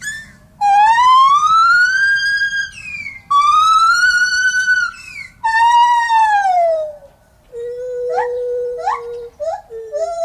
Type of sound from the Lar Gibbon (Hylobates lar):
song